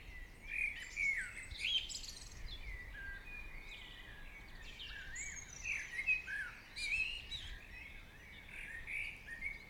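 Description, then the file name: Several birds singing together, a lively jumble of high chirps, short trills and clear whistles that rise and fall throughout, with faint background hiss. Birds singing in the morning. "Chants Oiseaux du Matin"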